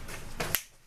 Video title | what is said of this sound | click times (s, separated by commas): Play Doh Smoothie Machine Kit | y'all heard that snap it's got a snap on | 0.5 s